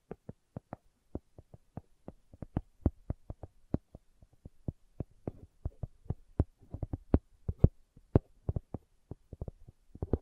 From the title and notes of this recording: ASMR Slow Tapping for Deep Sleep (No Talking).